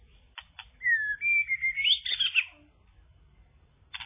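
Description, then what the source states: Bird singing briefly: a few clear whistled notes, then quick chirping twitters, with soft isolated chips before and after and a faint low hum. Described as kicau, chirping song.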